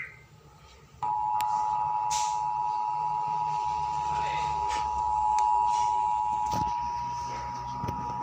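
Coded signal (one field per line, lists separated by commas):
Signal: Emergency Alert System (SAME) tones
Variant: 853 and 960 Hz attention tone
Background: speech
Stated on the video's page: Tsunami warning alert for Sonoma, California.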